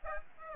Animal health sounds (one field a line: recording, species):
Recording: mosquito wingbeat signal from an infrared sensor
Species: Aedes aegypti